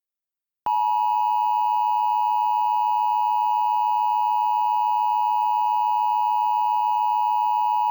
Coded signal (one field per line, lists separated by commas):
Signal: Emergency Alert System (SAME) tones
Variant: 853 and 960 Hz attention tone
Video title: EAS - 16 Counties, 1 Warning